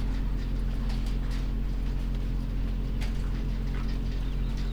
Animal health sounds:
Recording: poultry house recording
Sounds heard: sick chickens (respiratory disease)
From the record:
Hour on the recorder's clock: 1

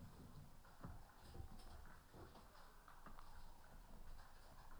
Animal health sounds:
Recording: poultry house recording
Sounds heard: healthy chickens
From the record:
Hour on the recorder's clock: 15

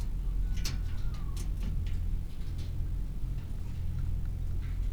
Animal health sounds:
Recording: poultry house recording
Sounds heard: healthy chickens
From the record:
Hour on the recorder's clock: 16

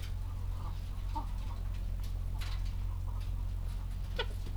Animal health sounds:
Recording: poultry house recording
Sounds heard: sick chickens (respiratory disease)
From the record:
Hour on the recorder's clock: 14

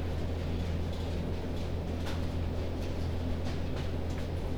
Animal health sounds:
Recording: poultry house recording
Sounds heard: no chicken sound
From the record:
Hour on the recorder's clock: 20

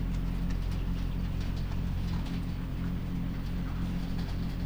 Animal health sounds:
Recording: poultry house recording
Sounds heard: sick chickens (respiratory disease)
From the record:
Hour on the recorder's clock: 1

